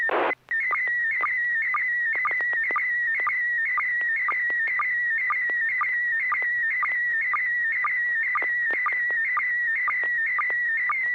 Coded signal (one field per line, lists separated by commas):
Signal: SSTV (slow-scan television)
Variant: PD 120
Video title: N6NA SSTV Net - 12/02/2020